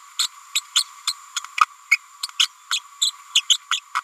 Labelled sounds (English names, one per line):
Green-rumped Parrotlet babbling